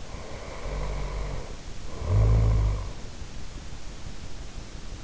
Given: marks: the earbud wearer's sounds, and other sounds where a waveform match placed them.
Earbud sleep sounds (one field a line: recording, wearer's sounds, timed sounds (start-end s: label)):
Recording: sounds in sleep by an in-ear microphone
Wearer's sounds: snoring breath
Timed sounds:
0.07-3.15 s: snoring breath